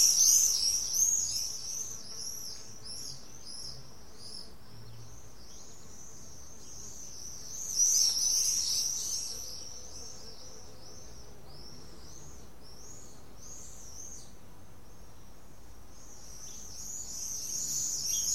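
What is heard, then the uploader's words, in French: Swallows twitter in spring, a dense stream of high, quick chirps and warbles that runs through the whole clip. The chatter is busiest at the start, swells again around eight seconds and near the end, and eases off in between over a faint low rumble. Hirondelles Printemps Prades 2018 by Résonances.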